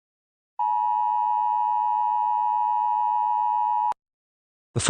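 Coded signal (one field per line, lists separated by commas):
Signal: Emergency Alert System (SAME) tones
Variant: 853 and 960 Hz attention tone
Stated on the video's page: Fictional EAS scenario based on the film Scream, made with text-to-speech.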